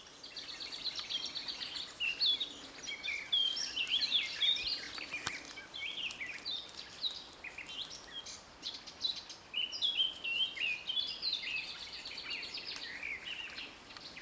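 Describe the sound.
Eurasian blackcap warbling song, a fast, scratchy jumble of high chattering and twittering notes in two long runs with a quieter stretch between, over a steady background hiss.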